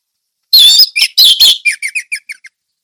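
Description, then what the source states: Orange-headed thrush singing a loud scratchy phrase of high warbled notes that breaks into a series of short, fading chirps. Song in the style called 'ngeplong teler'; Indonesian name anis merah.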